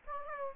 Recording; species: mosquito wingbeat signal from an infrared sensor; Aedes aegypti